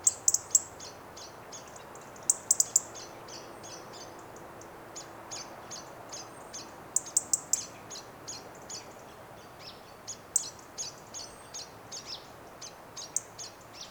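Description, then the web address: European robin ticking, sharp high clicks in short runs of two to four every few seconds, with faint thin notes repeating steadily underneath. "SETE data Erithacus rubecula 291003"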